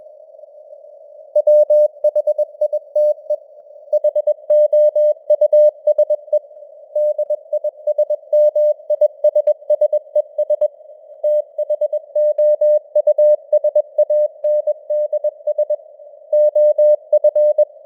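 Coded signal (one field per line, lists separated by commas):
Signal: Morse code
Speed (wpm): 21 wpm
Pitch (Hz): 600 Hz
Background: none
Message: WHITE HOUSE DISMISSES THOUSANDS OF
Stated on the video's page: Simulated Morse news broadcast at 21 wpm with artificial radio noise and varying signal strength (QSB).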